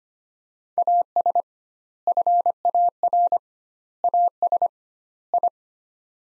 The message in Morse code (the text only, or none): AS FAR AS I